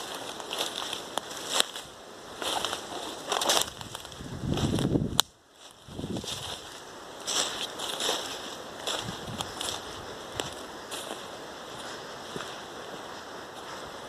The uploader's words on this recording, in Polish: Wycinka w ostoi. Las w sąsiedztwie rezerwatu Borek niedaleko Samostrzela.